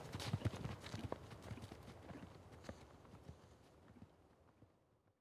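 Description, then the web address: Horse hoofbeats in a quick gallop, loud at first with dull low thuds, then steadily fading away to near silence. Horse galloping past on grass. "horse gallop by on grass"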